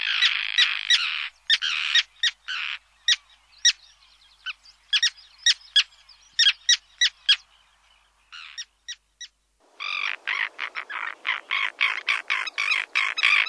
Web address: Sterne pierregarin